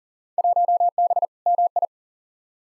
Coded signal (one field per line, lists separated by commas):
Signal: Morse code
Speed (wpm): 40 wpm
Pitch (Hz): 700 Hz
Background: none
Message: 1B MI